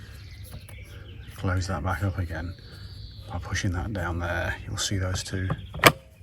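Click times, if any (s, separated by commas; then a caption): 5.9 s. Someone talks while closing the flap on the back of a SHAD SH38X expandable pannier by pushing it down, so its two locking jaws lock onto the pannier rail of a Honda NX500 motorcycle. A single loud, sharp click at 5.9 s marks the jaws snapping shut and locking into place.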